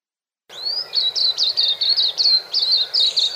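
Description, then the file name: White-eye song opening with a rising whistle, then a rapid series of high, sweet chirps and warbled notes over soft hiss. "suara kicauan burung kacamata perak. omkicau"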